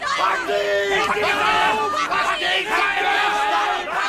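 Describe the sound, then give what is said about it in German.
A crowd of many voices shouting and yelling all at once, a loud, continuous clamor of overlapping cries with no pauses, rising and falling in intensity, the shouting spreading through streets and squares. “Der Schrei setzt sich durch Straßen und Plätze fort.”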